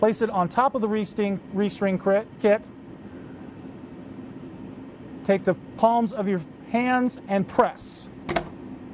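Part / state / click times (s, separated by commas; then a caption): printer dicorotron assembly onto wire restring kit / seated / 8.4 s. A Xerox iGen Press AC dicorotron assembly, turned upside down, is placed on top of the wire restring kit and pressed down with the palms of both hands while someone talks. A short, sharp snap at 8.4 s marks the assembly seating into position on the restring kit.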